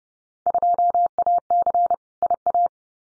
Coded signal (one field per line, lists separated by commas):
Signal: Morse code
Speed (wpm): 30 wpm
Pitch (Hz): 700 Hz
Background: none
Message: 2AC IA